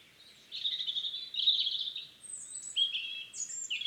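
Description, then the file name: European robin song: fast, shimmering high warbling phrases separated by a short pause, ending in thin, very high sliding whistles. "Erithacus rubecula"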